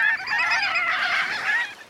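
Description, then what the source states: Marbled Godwit flock calling, a dense overlapping chorus of nasal calls from many birds at once, with no pauses. Startling calls of a large flock flying overhead at the sandy rim of a coastal bay with tide flats, on an April day, during northward migration.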